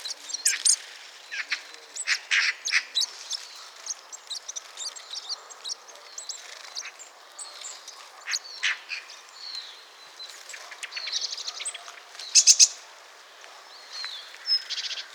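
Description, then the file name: Blue tit giving short, high chirps and thin call notes in irregular bursts, with a few sharper notes around twelve seconds. "Cyanistes caeruleus"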